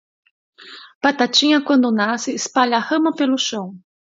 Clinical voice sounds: short text; Brazilian Portuguese; female; 50 to 59 years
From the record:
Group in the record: control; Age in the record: 52 years

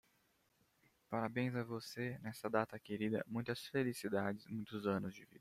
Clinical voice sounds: short text; Brazilian Portuguese; male; 20 to 29 years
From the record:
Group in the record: control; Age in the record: 24 years

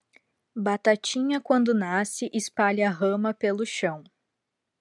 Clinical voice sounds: short text; Brazilian Portuguese; female; 30 to 39 years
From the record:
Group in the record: control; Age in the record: 32 years

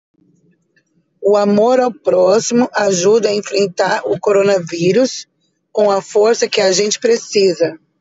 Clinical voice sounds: spoken sentence; Brazilian Portuguese; female; 40 to 49 years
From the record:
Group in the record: control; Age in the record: 44 years

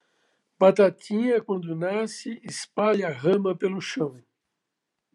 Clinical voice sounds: short text; Brazilian Portuguese; female; 70 to 79 years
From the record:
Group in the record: control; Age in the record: 74 years

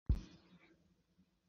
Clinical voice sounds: spoken sentence; Brazilian Portuguese; male; 20 to 29 years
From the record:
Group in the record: control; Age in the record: 23 years

